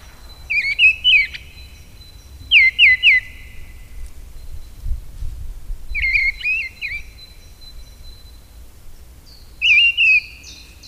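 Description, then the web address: Mistle thrush song: short, loud fluting phrases of warbled whistles, each about a second long, separated by pauses of one to three seconds. "agykontroll Madardalok Cd 1. Léprigó"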